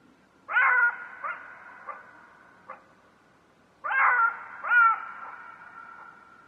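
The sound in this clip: Jackal wails come in two bursts: a loud wavering note with a few short yips after it, then a paired wail a few seconds later.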